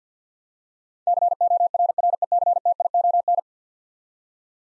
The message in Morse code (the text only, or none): CORRECTION